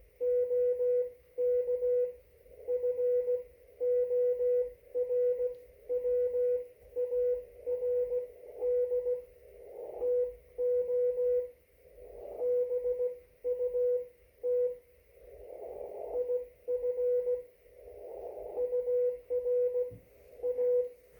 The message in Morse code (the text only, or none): OK FORWARD TO BUT IF UR A